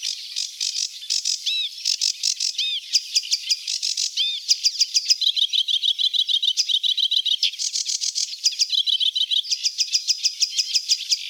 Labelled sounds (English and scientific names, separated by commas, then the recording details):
Sedge Warbler (Acrocephalus schoenobaenus) song
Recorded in the wild
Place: Flögelner See, SH, Schleswig-Holstein, DE
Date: 1980-05-28
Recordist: Schwarz, Dieter
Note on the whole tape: Song